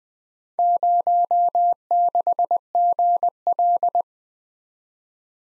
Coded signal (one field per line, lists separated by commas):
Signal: Morse code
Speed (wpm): 20 wpm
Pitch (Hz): 700 Hz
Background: none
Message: 06GL